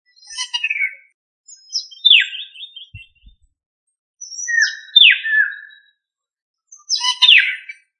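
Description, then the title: Bird song, short phrases of scratchy descending notes and slurred whistles, delivered in bursts about every two seconds, with two faint low thumps between them. "LuckyPassaro Completos2Sama"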